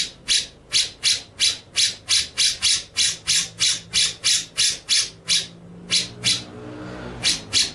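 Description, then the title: White-rumped shama giving harsh, rasping buzzy notes repeated about three times a second in a steady series, with a brief pause near the end. Masteran training track for white-rumped shama, with full rolling (ngerol) and shooting (nembak) song styles. "Masteran Murai Batu Full Ngerol Nembak"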